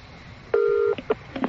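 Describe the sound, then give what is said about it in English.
Telephone keypad tones from a phone box at Sullom Voe: one sustained dual-pitched beep, then three short, quick blips in an uneven rhythm, all clear and fairly loud over a low, steady background rumble. “Phone box, Sullom Voe.”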